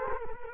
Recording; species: mosquito wingbeat signal from an infrared sensor; Culex quinquefasciatus